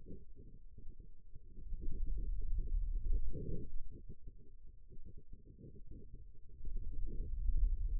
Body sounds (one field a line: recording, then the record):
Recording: forearm muscle sounds (acoustic myography)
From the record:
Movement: pen grasping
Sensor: system 2, bracelet of six BSWA MPA416 microphones around the upper forearm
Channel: 3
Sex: male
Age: 22 years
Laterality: right